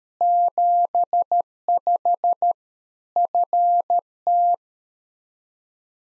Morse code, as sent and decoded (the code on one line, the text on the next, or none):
--... ..... / ..-. -
75 FT